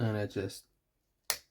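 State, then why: Seated. Someone talks briefly, then a plastic toy mortar handle is pushed into a crevice on the back of a GI Joe action figure. It snaps into place with a sharp click at 1.3 s, seating so the figure can carry it on his back.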